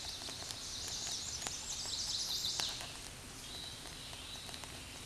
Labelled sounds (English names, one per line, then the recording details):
Chestnut-sided Warbler song
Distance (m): 30 m
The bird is about level with the microphone
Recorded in a Pennsylvania forest on 16 May 2024 at 08:19
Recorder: AudioMoth, point MSD-2058
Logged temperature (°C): 11.8 °C
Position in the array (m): 109 m, 6 m